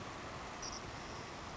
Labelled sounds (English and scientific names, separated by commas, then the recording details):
Savannah Sparrow (Passerculus sandwichensis)
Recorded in Sonoma County, California